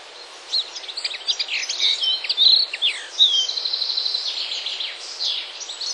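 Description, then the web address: Common linnet delivering a jumbled twitter of high chips and short whistles. "wroblowe kolekcja makolagwa"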